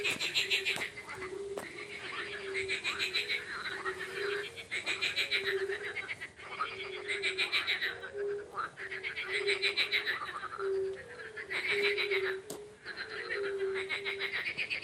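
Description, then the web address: Frog chorus, dense rapid pulsed croaking with buzzy higher trills rising and falling in waves, over lower notes repeated in short bursts. Frogs at a pond in spring. "zvuki zhivoy prirody vesenniy prud kvakushki i ptitsa gamayun"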